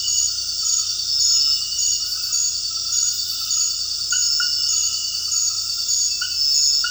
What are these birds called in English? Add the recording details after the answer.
none. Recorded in dense forest near Puerto Asís, Putumayo, Colombia, on 19 February 2024 at 22:30. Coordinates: 0.481, -76.318. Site G6421